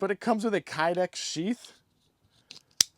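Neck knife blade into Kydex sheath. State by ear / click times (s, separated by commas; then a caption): seated / 2.8 s. Someone talks, then a small neck knife/axe blade is pushed into its molded Kydex sheath, with faint scuffs at about 2.5 s. It snaps home with a single sharp plastic click at 2.8 s, seating the blade in the sheath.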